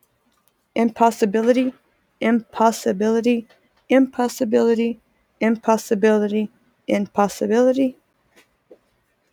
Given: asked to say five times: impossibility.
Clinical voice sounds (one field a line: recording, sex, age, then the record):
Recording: repeated word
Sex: female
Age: 20 to 29 years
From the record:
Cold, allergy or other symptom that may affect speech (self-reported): no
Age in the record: 29 years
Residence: Louisiana, United States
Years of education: 12